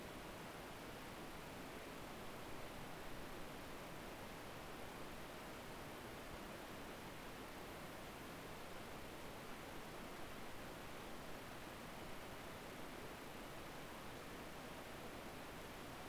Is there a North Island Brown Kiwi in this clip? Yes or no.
no